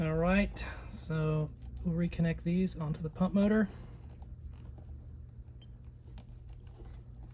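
Someone talks for the first few seconds while preparing to reconnect wire connectors onto the fuel pump motor terminals. Faint, quiet handling ticks follow from about 4.2 to 6.7 seconds as the connectors are worked toward the terminals. Nothing has seated or clicked yet.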